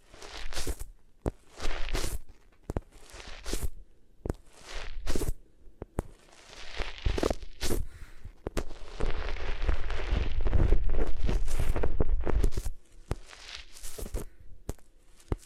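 Rubbing and scraping against different materials, heard as bursts of rough, rustling friction. Sharp clicks and taps punctuate the sound throughout. A long, steadier stretch of dense scraping runs from about 9 to 12.5 seconds, and shorter strokes with pauses come before and after it.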